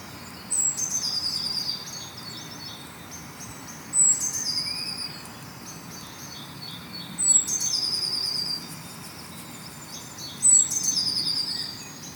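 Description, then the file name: Eurasian blue tit singing: four phrases, each a high thin note and a short tinkling trill, spaced about three seconds apart, against a soft background hiss. "Cyanistes caeruleus"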